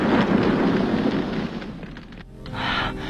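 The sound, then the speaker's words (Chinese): A car driven off toward the sea explodes in mid-air before it falls in, with a loud, roaring blast that rumbles and slowly fades over a couple of seconds, followed by a brief burst of crackling hiss. “可没等车完全掉进去，就在半空中爆炸了。”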